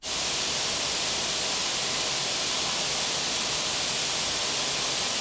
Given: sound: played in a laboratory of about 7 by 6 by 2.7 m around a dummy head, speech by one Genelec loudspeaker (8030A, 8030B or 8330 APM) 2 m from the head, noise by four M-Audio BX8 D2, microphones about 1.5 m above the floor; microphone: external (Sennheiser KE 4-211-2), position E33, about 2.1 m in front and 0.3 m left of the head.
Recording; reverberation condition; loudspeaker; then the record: white noise; high; four, about 170 cm from the corners of the room and facing them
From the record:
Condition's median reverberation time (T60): about 1300 ms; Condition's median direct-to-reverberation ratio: about -4.0 dB